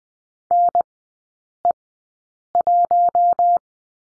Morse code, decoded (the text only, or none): NE1